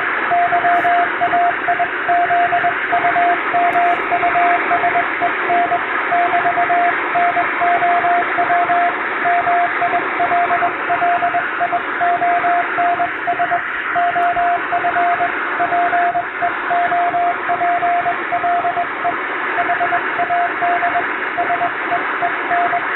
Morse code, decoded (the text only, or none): YAIZUMUSEN <BT>NOW MILLIONS OF PEOPLE HAD SEEN